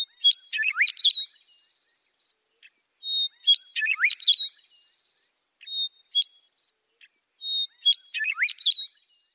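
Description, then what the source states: Western Meadowlark song: a rich, bubbling musical warble opening with clear whistles and ending in a jumbled, gurgling flourish, given several times. Musical warble unlike eastern meadowlark's few clear notes; resident year-round in Utah in grassy areas, pastures and foothills; males often sing atop fence posts.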